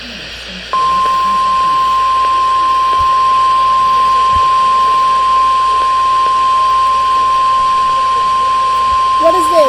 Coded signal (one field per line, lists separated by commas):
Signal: Emergency Alert System (SAME) tones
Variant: 1050 Hz attention tone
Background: speech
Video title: Severe T-Storm Warning (FOR MY COUNTY) EAS #3